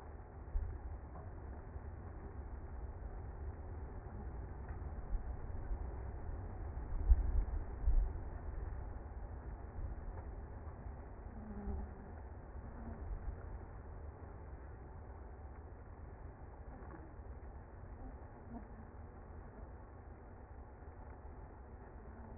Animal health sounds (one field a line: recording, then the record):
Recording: honeybee colony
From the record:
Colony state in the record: active